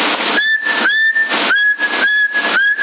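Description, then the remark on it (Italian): A person whistles a steady, mid-high tone into a CB radio microphone. The tone holds in several long stretches over thin, crackly radio hiss that pulses on and off. “Adesso quando parlo sono positivi, se fischio torna indietro, non si capisce un cavolo.”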